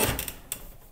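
A plastic flush plate is located at the bottom and pushed up into place on a concealed Abacus 0.82m WC frame, with a couple of softer taps at about 0.2 and 0.3 seconds. A sharp snap at 0.5 seconds marks the plate seating on the frame.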